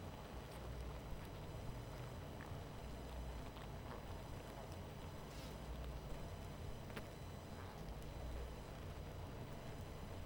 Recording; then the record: honeybee colony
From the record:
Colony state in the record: missing queen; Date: 14 July 2017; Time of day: 23:09